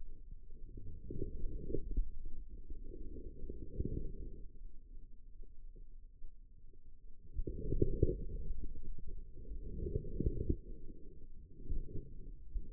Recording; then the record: forearm muscle sounds (acoustic myography)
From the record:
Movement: outward rotation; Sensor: system 2, bracelet of six BSWA MPA416 microphones around the upper forearm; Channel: 3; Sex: female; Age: 25 years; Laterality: right